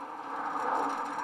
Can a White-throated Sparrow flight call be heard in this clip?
no